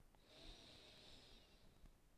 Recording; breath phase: one breath near a microphone; inhalation